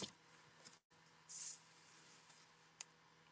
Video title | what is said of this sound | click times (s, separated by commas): Craft with Me! Let's make the Ephemera Pockets I made for Build a Journal! Victorian Lady die c... | I can hear the snap, so we're good. | 2.8 s